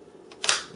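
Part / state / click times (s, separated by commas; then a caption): plastic screen bezel side clips into laptop lid back cover / seated / 0.4 s, 0.5 s. The sides of the plastic screen bezel on an HP G61-409CA laptop are pressed into the lid back cover. A faint tick at 0.3 s is followed by two sharp plastic clicks at 0.4 and 0.5 s as the side clips snap in, and the bezel is seated.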